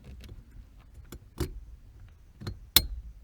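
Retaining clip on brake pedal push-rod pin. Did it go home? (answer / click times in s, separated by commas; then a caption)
yes / 2.8 s. A plastic retaining clip is slid over the pin on a brake pedal push-rod and pressed down during a brake booster servo seal replacement. Faint handling ticks at about 0.2, 1.1, 1.4 and 2.5 seconds lead to a sharp, bright click at 2.8 seconds. The clip is seated in place and should not move.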